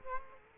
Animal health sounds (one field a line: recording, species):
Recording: mosquito wingbeat signal from an infrared sensor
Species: Culex quinquefasciatus